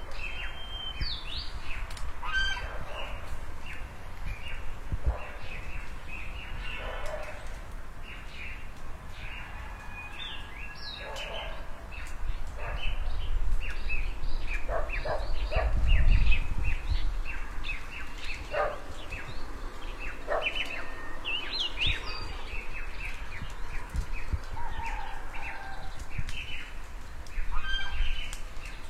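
Morning birds chatter and chirp in front of a house, with many short calls overlapping throughout. A low rumble runs steadily underneath, swelling around the middle, and a few louder honking or squawking calls, possibly the village geese, break in now and then.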